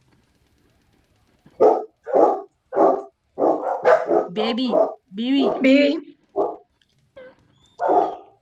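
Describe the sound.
Dogs bark in a quick series of short, sharp yaps at a steady rhythm, with a person's voice talking among the later barks.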